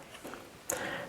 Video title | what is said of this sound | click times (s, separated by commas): Toyota Camry Key Fob Battery Replacement | press it together until you hear that nice snap | 0.7 s